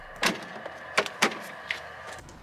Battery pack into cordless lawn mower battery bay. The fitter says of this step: and then push the battery all the way in until it clicks.